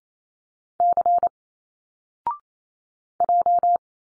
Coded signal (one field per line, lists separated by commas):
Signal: Morse code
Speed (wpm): 28 wpm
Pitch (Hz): 700 Hz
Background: none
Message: C J